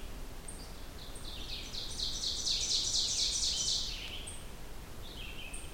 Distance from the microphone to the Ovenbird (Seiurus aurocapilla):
about 40 m